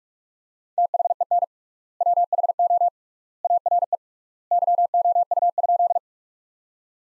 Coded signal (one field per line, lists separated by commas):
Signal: Morse code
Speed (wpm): 41 wpm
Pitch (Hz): 700 Hz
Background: none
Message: THEN WHO ARE YOU?